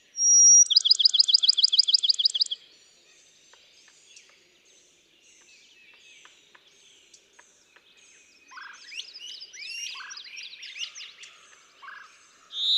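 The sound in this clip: Bachman's sparrow song opening with a pure whistle then a quick, ringing trill; softer varied twittering follows and another song begins at the very end.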